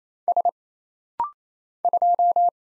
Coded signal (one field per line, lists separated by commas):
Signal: Morse code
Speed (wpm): 27 wpm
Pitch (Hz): 700 Hz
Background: none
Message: S 2